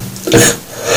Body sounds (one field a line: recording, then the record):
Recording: coughing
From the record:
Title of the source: Cough Around the Clock!